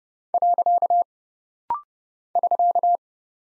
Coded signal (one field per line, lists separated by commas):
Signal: Morse code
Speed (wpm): 30 wpm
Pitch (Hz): 700 Hz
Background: none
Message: . <SK>